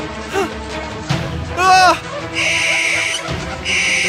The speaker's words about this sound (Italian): Tutto ad un tratto, una civetta dagli occhi ardenti le volò attorno 3 volte e per 3 volte gridò: ah!